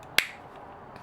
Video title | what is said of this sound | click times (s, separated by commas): Tru Force Collectibles Megaman X Review | Just like that, you'll hear a snapping sound. | 0.2 s